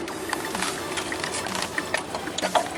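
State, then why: Not seated. A new CV axle (drive shaft) for a Dodge Stratus / Chrysler Sebring, with its steel splined end, is handled and worked toward the transmission differential, producing scraping, rattling and a few sharp metallic knocks over a steady mechanical background. Nothing has seated or clicked yet; the retaining clip has not snapped home.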